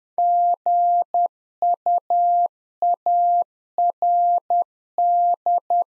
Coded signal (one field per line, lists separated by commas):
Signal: Morse code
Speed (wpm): 10 wpm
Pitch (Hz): 700 Hz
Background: none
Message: GUARD